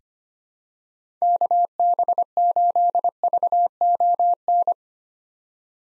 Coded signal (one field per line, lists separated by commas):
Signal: Morse code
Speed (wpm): 25 wpm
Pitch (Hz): 700 Hz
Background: none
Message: KB8VON